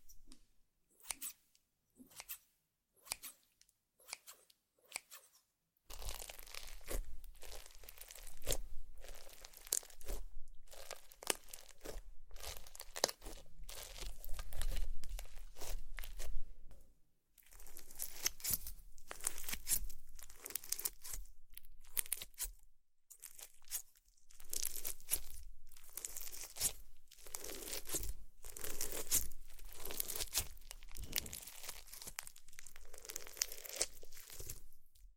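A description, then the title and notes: ASMR slime play: sparse clicks at first, then from about six seconds dense, continuous squishing and crackling with brief pauses near 17 and 24 seconds. ASMR Slime - SO Satisfying - ( No Talking).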